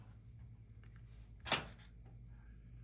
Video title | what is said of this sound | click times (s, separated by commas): This is my accommodation inside cruise ship -- SHIP Crew cabin tour 😍 | lock हो गया, देखो बाहर से कोई खोलेगा खुलेगा नहीं, बट मास्टर की से खुलता है। | 1.5 s